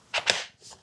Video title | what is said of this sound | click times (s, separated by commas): Soarfly Leaf Blower Cordless, 580 CFM Electric Leaf Blower 4.0AH 2 bat stepless switch and trigger | and carefully snap into place. | 0.3 s